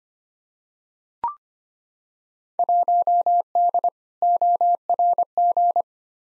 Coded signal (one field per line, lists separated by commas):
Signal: Morse code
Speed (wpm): 25 wpm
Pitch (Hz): 700 Hz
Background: none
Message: 1D ORG